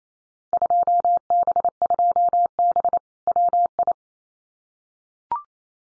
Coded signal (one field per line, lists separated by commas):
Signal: Morse code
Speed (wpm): 28 wpm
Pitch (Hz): 700 Hz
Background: none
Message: 2B2B WI